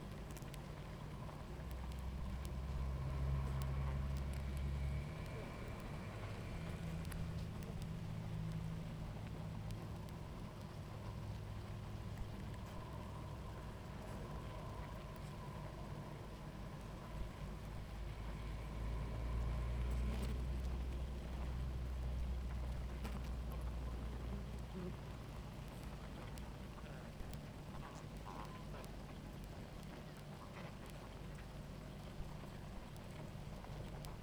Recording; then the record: honeybee colony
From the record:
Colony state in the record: active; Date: 28 July 2017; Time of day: 17:47